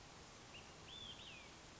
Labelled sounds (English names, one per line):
Olive-sided Flycatcher